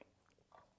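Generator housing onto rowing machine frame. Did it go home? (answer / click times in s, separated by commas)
no / none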